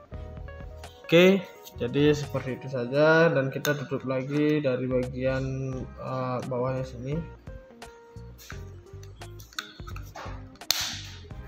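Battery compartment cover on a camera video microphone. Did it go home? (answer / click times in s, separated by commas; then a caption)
yes / 10.7 s. With music in the background, someone talks while the plastic battery compartment cover on a camera video microphone is pushed closed, with a few faint handling ticks. At 10.7 s a sharp click is heard as the cover snaps shut and latches, leaving the battery compartment tightly closed.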